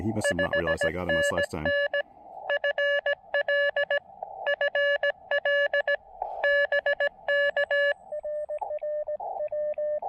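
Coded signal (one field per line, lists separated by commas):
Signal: Morse code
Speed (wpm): 17 wpm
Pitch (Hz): 1700 Hz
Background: speech, radio noise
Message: 5NN FL FL BK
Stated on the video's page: Morse sent with a TinyPaddle during a POTA park activation.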